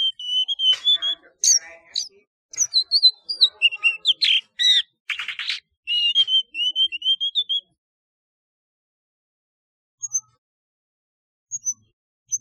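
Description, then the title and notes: Flycatcher song: busy bursts of high chirps and trills, then a run of whistled notes, followed by a few isolated faint calls after a quiet stretch. "Kicau Burung Sikatan"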